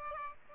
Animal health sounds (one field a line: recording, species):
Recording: mosquito wingbeat signal from an infrared sensor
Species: Aedes aegypti